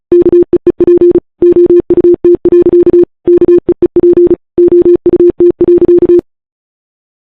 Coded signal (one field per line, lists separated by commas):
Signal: Morse code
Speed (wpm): 36 wpm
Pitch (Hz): 350 Hz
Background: none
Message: KEEP OUT. KEEP OUT.